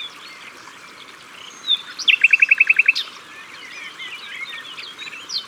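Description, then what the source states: Common nightingale delivering one crisp phrase of about nine rapid identical notes, framed by quiet, scattered chirps and twitters of other birds. At the water's edge.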